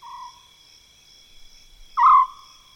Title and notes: The eerie calls of an African scops owl in mopane woodland - South Luangwa National Park, Zambia.